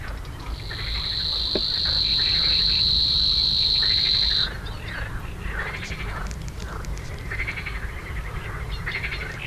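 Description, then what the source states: Savi's warbler gives a high, monotone reeling buzz for about four seconds and stops abruptly; harsh chattering bird phrases follow. Recorded at Slatina pond, Prague, Czech Republic, 16 June 2013, 21:31–21:35 CEST; nests there regularly in small numbers, at least two breeding pairs in 2013.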